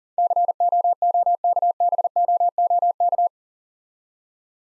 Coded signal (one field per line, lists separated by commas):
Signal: Morse code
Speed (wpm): 40 wpm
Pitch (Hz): 700 Hz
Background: none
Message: COOKBOOK